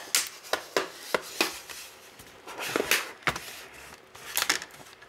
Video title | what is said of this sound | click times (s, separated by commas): Dell Inspiron 15 Laptop Screen Replacement Step-By-Step - Inspiron 15 3000 15.6" HD Screen | getting it snapped into place | 0.1 s, 1.1 s, 1.4 s, 2.9 s, 4.4 s, 4.5 s